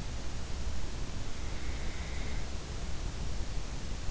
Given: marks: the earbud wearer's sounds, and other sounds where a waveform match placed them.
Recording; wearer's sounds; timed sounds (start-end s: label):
sounds in sleep by an in-ear microphone; breath
1.93-3.29 s: breath